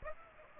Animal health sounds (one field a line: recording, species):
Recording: mosquito wingbeat signal from an infrared sensor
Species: Aedes aegypti